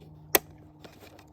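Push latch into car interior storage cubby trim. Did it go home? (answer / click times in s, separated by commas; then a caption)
yes / 0.3 s. A replacement push latch for the cubby door of an Audi TT Mk1 Roadster is pressed back into its plastic trim opening in the car's interior storage cubby. It pops in with one sharp, bright click at 0.3 s, followed by a few much fainter ticks. The latch is seated.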